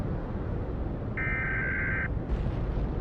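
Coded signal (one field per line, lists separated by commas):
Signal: Emergency Alert System (SAME) tones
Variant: header bursts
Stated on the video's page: Fictional EAS scenario in a simulated zombie-apocalypse radio broadcast.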